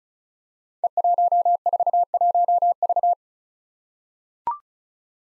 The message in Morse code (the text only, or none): E141V